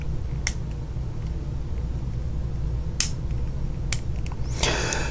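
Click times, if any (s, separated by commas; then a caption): 0.5 s, 3.0 s, 3.9 s. Someone turns the faceted piston knob of a piston-filling fountain pen back to its rest position, and it clicks into its locked place in the barrel. Sharp, loud clicks ring out at about 0.5, 3.0 and 3.9 seconds over a low steady background. Fainter ticks and a brief rustle follow near the end, and the knob sits locked in place.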